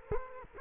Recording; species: mosquito wingbeat signal from an infrared sensor; Culex quinquefasciatus